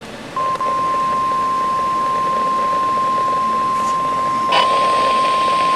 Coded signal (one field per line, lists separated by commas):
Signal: Emergency Alert System (SAME) tones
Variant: 1050 Hz attention tone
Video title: Severe Thunderstorm Warning 3 On KXI46 3/19/2025 (EAS #2,735)